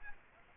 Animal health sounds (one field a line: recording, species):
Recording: mosquito wingbeat signal from an infrared sensor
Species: Aedes aegypti